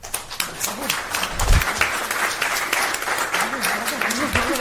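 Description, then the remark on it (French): An audience applauds steadily after a presentation, a dense, even wash of many hands clapping at once, while a man's voice speaks over the clapping partway through. “Bon, on n'applaudit pas seulement le fait que vous avez parfaitement respecté votre temps, mais aussi merci beaucoup pour cette présentation efficace de ce work in progress.”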